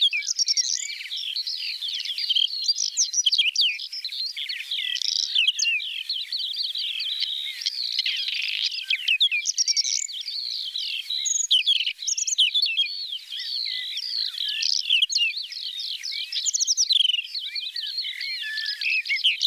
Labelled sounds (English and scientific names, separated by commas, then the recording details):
Whinchat (Saxicola rubetra) song
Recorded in the wild
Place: Waltershofen / Freiburg im Breisgau, Baden-Württemberg, DE
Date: 1977-05-20
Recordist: Schwarz, Dieter